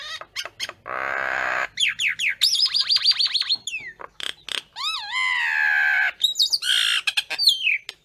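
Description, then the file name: Common myna giving a varied jumble of harsh grating notes, rising and falling whistles, and sharp clicks, almost without pause. Calling the flock. "Tieng sao nau goi bay"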